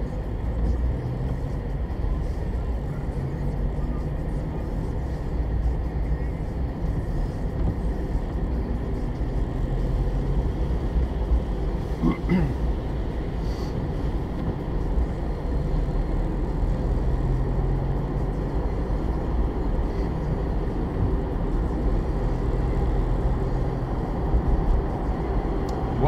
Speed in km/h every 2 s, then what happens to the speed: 20, 24, 28, 30, 34, 38, 40, 43, 51, 53, 55, 58, 57.
0-17 speeds up to 53. 17-26 steady at about 55.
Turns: none.